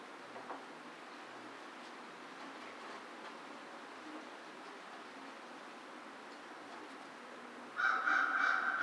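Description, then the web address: American crow cawing: one harsh, nasal caw with stacked harmonics bursts in near the end after several seconds of quiet background hiss. Recorded 2 March 2010. "Crow 2010 03 02 American Crow"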